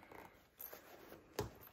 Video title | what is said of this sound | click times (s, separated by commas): (Free) Fully Lined Boxy Bag: Hybrid Turned & Bound - Full Tutorial for the Bee Boxy from OKSew | with my my right hand until I feel it click and I push with my index finger | 1.4 s